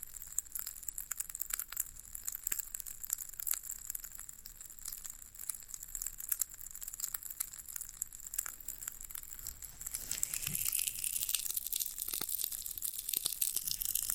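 Floral foam is handled with dense, crackly crunching and crinkling, a steady run of fine sharp snaps throughout. Around ten seconds the sound turns fuller and louder, with heavier crushing and a faint low thud, and stays busier to the end.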